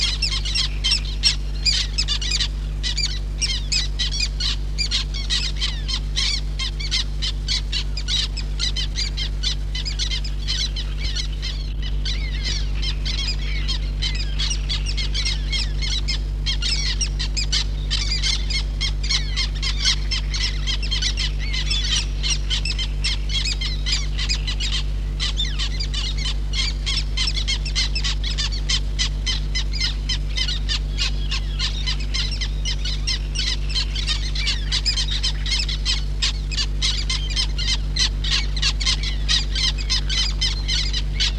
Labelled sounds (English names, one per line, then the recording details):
Black Tern call
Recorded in the wild
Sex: group
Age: diverse
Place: Petershain, Niederlausitz, Sachsen, DE
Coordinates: 51.3167, 14.7514
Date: 1963-06-10
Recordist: Meyer, Hugo
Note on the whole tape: In der Kolonie und Angriffsflug